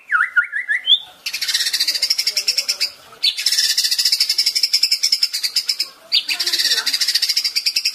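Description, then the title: White-rumped shama song: a few zigzag whistled notes open it, followed by three bursts of fast, high pulsed trilling separated by short pauses. Training song for caged birds. "MURAI BATU LABAIK"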